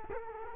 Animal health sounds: mosquito wingbeat signal from an infrared sensor; Culex quinquefasciatus

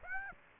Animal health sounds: mosquito wingbeat signal from an infrared sensor; Aedes aegypti

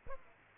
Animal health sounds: mosquito wingbeat signal from an infrared sensor; Aedes aegypti

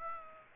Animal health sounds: mosquito wingbeat signal from an infrared sensor; Aedes aegypti

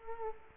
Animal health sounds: mosquito wingbeat signal from an infrared sensor; Culex quinquefasciatus

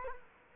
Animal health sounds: mosquito wingbeat signal from an infrared sensor; Culex quinquefasciatus

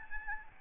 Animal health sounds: mosquito wingbeat signal from an infrared sensor; Aedes albopictus

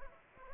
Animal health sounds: mosquito wingbeat signal from an infrared sensor; Anopheles arabiensis

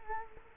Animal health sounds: mosquito wingbeat signal from an infrared sensor; Culex quinquefasciatus

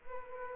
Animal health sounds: mosquito wingbeat signal from an infrared sensor; Culex quinquefasciatus

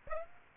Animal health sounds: mosquito wingbeat signal from an infrared sensor; Aedes aegypti

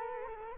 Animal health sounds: mosquito wingbeat signal from an infrared sensor; Culex quinquefasciatus

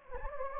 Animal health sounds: mosquito wingbeat signal from an infrared sensor; Anopheles gambiae

